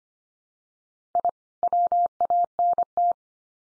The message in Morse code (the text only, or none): I WANT